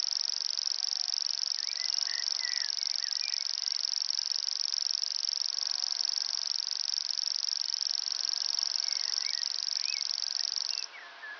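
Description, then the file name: Common grasshopper warbler singing a long, even, insect-like reel for almost eleven seconds before it cuts off, with other birds chirping faintly in the background. Recorded at Ystad, Sweden, in 2011. "Gräshoppsångare - Locustella naevia-Ystad-Sweden-2011"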